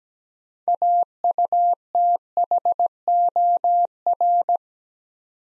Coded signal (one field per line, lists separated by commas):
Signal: Morse code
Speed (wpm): 17 wpm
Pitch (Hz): 700 Hz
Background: none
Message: AUTHOR